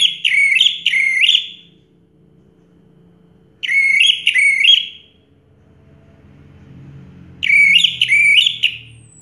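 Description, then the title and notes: Orange-headed thrush song: three bursts, each of two rich whistled, warbling phrases, separated by pauses of about two seconds. Song in the teler style, described as clear-voiced; from a complete collection of this species' sounds. "Anis Merah Teler Suara Jernih. kumpulan suara anis merah lengkap"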